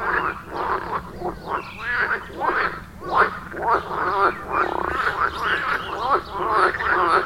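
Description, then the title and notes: Frogs croaking in a thick chorus, rapid gargling pulses about twice per second, steady and continuous. Chorus at a village pond in Wohlsborn, Germany; recorded with a TASCAM DR-40X. "Wohlsborn, Deutschland - Froschkonzert. Frog concert. Froschkonzert am Dorfteich in Wohlsborn"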